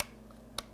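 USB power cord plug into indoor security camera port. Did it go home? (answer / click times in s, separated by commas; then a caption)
yes / 0.6 s. The long USB power cord plug is pushed into the port on the back of a Ring Indoor Camera, and a single sharp click at 0.6 s marks it snapping into place, fully seated. Only a few faint soft ticks and a steady low hum surround the click.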